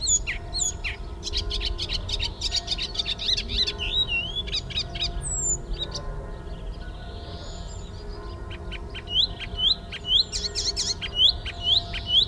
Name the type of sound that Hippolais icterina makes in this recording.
song